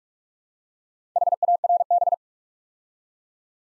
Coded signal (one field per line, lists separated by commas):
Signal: Morse code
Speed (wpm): 44 wpm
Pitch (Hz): 700 Hz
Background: none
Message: HARB